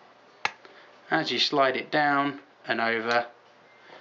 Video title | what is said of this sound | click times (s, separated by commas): How to realign your 13 pin caravan towing electrics plug | it clicks back in and then what you should have is this flat edge here | 0.5 s